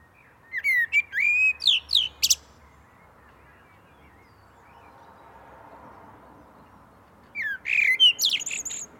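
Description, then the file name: Common blackbird singing two phrases separated by a long pause, each of rising mellow whistles followed by sharp, high-pitched twittering notes. "Turdus merula"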